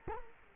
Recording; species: mosquito wingbeat signal from an infrared sensor; Culex quinquefasciatus